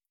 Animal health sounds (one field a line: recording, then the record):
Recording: hydrophone in a shrimp aquaculture tank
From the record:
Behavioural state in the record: starved